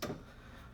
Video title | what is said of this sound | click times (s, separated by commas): Compound Miter Saw Demo | bring it back to 0 till it clicks, | 0.0 s